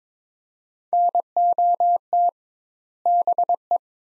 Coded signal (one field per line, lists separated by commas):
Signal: Morse code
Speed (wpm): 22 wpm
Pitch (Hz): 700 Hz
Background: none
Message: NOT BE